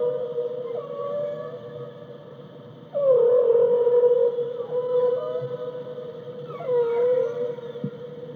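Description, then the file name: Whale calls: sustained harmonic tones with small wavering bends, a loud call starting abruptly about three seconds in and another brief rise later, over steady background noise. "Animal Whale"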